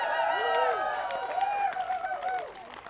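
An audience applauds, scattered claps running steadily under loud cheering and whooping voices that rise and fall in pitch for a few seconds.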